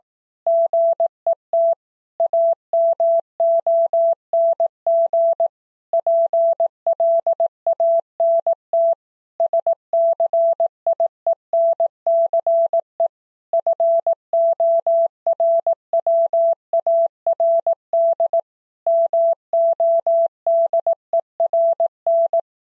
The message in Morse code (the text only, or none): GET AMONG PLANT SCIENCE FORWARD MODERN